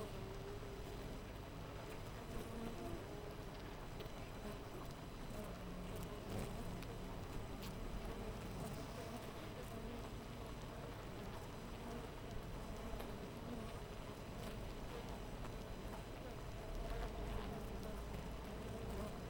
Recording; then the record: honeybee colony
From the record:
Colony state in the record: missing queen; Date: 14 July 2017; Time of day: 4:55